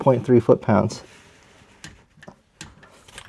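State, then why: Torque reached. Someone talks, then a torque wrench set to 44.3 ft-lb tightens the 24 mm rear differential plug on a 2018–2021 Subaru WRX STI, with a few faint ratchet-like ticks. The wrench clicks at its setting at 2.6 s, confirming the plug is torqued.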